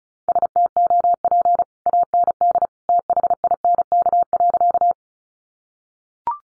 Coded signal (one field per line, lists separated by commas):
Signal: Morse code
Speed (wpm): 34 wpm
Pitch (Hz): 700 Hz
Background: none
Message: STOP AND THINK.